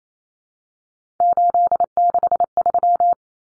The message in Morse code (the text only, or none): 863